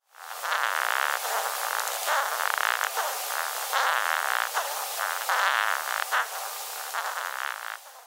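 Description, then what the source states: Japanese rhinoceros beetle producing a continuous scraping, squeaky rasp with pulsing rhythmic strokes, rising and falling in loudness over several seconds. Horned Japanese rhinoceros beetle, which has an interesting courtship ritual.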